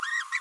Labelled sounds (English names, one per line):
Green-rumped Parrotlet babbling